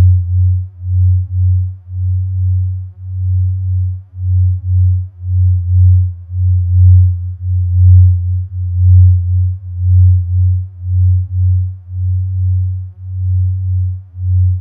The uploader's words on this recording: Binaural & pluraural beats made with recorded directly from the output of DIN is Noise at sandokan bay in berlin.eu.